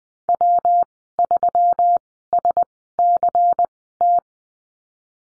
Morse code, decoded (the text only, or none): W3SCT